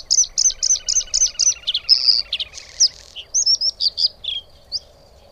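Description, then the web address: Bluethroat song with repeated looped high notes, followed by a buzzy phrase and a varied series of sharp syllables. "agykontroll Madardalok Cd 3. Kékbegy"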